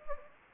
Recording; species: mosquito wingbeat signal from an infrared sensor; Anopheles gambiae